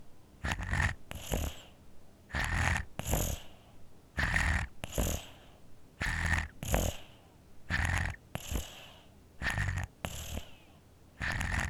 Baby Infant Sleeps Snores With a Cold Congested.